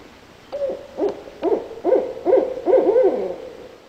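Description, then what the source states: Barred owl calling a steady string of several low hoots, about half a second apart, the last notes more drawn out and slurred. Recorded 9 June 2003.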